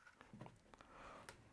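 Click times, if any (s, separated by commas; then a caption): none. The plastic front cover of a wall-mounted wired Tado smart thermostat is hooked on and pushed onto its backplate, giving a few faint taps and scuffs around 0.2, 0.4, 0.8 and 1.3 seconds against a quiet background. No click is heard, and the cover has not clicked into place.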